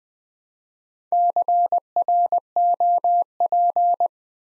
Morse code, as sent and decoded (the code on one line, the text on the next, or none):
-.-. .-. --- .--.
CROP